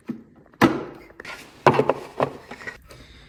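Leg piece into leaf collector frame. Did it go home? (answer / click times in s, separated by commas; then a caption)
yes / 0.6 s, 1.7 s. A plastic leg piece is pushed into its socket on a garden leaf collector frame during assembly. Sharp plastic clicks are heard at 0.6 s and 1.7 s, followed by a few smaller knocks, and the leg piece ends up seated firmly in the frame.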